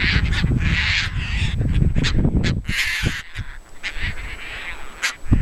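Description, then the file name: Caspian tern giving harsh, rasping calls in short bursts over heavy low rumbling noise. "Hydroprogne caspia"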